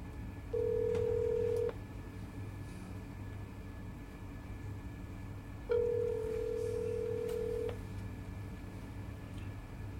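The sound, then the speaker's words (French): A phone line rings out as a father calls his daughter: two long, steady mid-pitched tones separated by a few seconds of silence, heard over a low, constant rumbling hum with no one speaking. “Ok, je l'appelle.”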